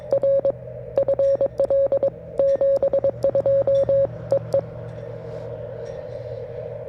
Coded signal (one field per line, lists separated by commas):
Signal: Morse code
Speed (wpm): 18 wpm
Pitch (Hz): 560 Hz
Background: radio noise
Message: R FL 72 EE